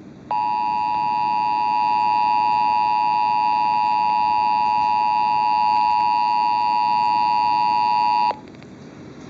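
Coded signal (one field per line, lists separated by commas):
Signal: Emergency Alert System (SAME) tones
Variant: 853 and 960 Hz attention tone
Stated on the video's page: Real AM/FM radio broadcast EAS alert for a severe thunderstorm warning.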